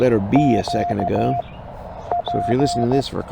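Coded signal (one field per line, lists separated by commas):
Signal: Morse code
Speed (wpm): 15 wpm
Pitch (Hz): 700 Hz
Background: speech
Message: Q P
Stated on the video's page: Parks on the Air CW activation at a state park in Tennessee.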